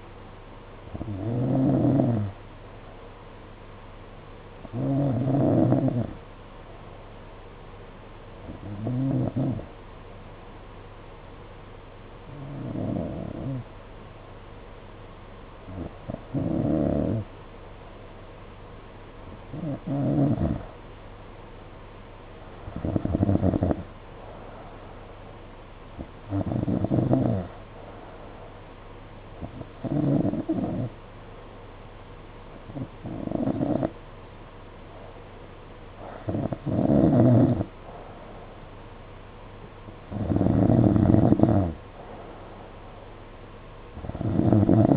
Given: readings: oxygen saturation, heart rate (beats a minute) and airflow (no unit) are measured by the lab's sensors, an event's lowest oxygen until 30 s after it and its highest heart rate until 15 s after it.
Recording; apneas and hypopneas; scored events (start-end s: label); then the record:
breathing in sleep by a voice recorder at the bedside; 1
10.00-28.80 s: hypopnea (N2, oxygen 94% highest, then 90% lowest, heart rate 55 at the start, 58 highest)
From the record:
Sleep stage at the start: N2 (light sleep); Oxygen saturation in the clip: 90 to 94%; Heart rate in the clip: 53 to 58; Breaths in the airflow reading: 12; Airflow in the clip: -5.4 to 4.0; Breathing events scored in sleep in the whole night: 476 in 9.7 hours asleep